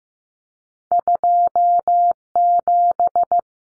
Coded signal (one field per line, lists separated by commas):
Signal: Morse code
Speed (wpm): 15 wpm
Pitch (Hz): 700 Hz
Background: none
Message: 27